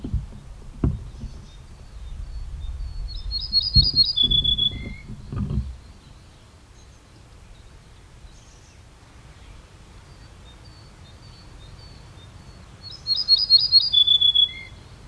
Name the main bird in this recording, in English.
Ortolan Bunting